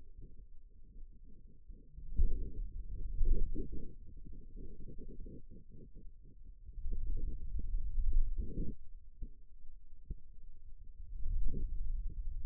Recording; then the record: forearm muscle sounds (acoustic myography)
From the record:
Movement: finger pinch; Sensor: system 2, bracelet of six BSWA MPA416 microphones around the upper forearm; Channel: 3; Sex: male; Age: 22 years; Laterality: right